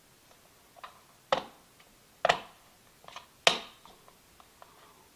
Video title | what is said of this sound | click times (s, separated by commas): How to install Ecobee 4 Smart Thermostat | put it on gently once it clicks in place you're now complete | 3.5 s